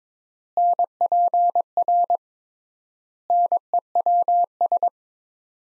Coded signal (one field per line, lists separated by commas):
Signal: Morse code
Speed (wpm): 22 wpm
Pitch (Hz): 700 Hz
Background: none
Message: NPR NEWS